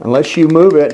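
Someone talks while handling the height-adjust lock on the hose-holder arm of an XPOWER cage dryer. The lock has not clicked into place yet; nothing has seated.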